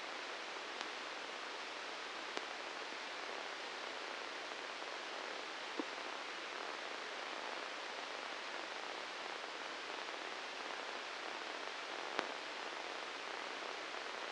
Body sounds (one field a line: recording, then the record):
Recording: brain microelectrode recording played as sound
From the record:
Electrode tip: inside the subthalamic nucleus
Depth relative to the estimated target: 0 mm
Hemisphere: right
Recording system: NeuroSet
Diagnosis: Parkinson's disease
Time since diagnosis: 19 years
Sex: female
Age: 69 years